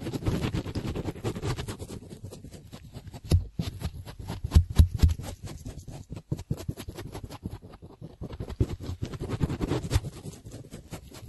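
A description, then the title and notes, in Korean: Ear cleaning, heard as a steady run of fine scratching and rubbing with quick crackly ticks throughout. Thumping bumps stand out around three to five seconds, the middle stretch thins to scattered clicks, and the dense scraping returns toward the end. 귀청소.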